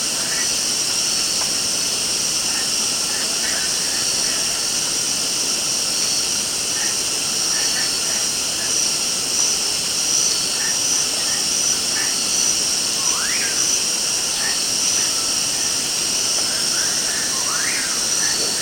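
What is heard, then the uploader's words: Insects keep up a dense, steady, high-pitched buzz and trill from start to finish in a rainforest at the Napo Wildlife Centre, Ecuador. Short bird chirps are scattered throughout, with two clearer rising whistled calls near 13 and 17 seconds. Insects and birds at the Napo Wildlife Centre, Ecuador in 2014. Recorded by Phil Cunliffe.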